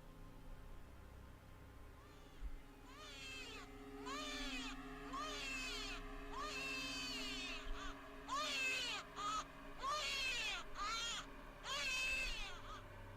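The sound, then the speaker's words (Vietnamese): A faint, eerie baby cry rises in repeated wavering, high-pitched wails from inside a box as a paper talisman on its lid burns, each burst swelling and falling in uneven succession over a low, steady droning hum. “Cùng với ngọn lửa bập bùng, tựa như có tiếng đứa trẻ con khóc ré lên, mơ mơ hồ hồ vang lên từ trong chiếc hộp.”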